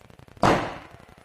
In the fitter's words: Klek, suaranya, nut-nutnya itu rapat.